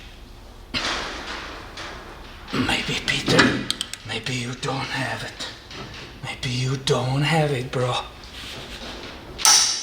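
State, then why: Torque reached. A torque wrench is pulled on a rear wheel bearing hub bolt of a Toyota Highlander while someone talks. A sharp click comes at 9.5 s as the wrench reaches its setting.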